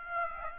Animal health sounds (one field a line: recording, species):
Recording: mosquito wingbeat signal from an infrared sensor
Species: Aedes aegypti